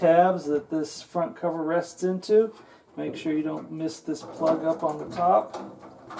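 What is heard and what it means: During reassembly of a Samsung electric dryer after a DC47-00019A heater fix, the front cover panel is being handled onto the three small tabs on the clothes dryer cabinet, with the plug at the top to be connected. Someone talks throughout over light handling noise. Nothing has seated or clicked yet; the cover has not snapped into place by the end of the clip.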